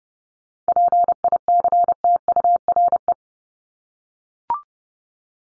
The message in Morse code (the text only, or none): PICTURE